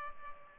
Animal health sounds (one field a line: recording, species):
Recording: mosquito wingbeat signal from an infrared sensor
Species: Culex pipiens